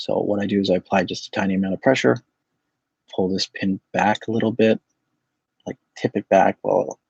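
Someone talks while gently pulling back the fragile pin of a plastic retaining clip on the floppy drive assembly of a Macintosh Plus, using only light pressure so the clip edge won't break, and tipping the part back toward place. Nothing has seated or clicked into place yet.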